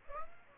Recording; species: mosquito wingbeat signal from an infrared sensor; Aedes aegypti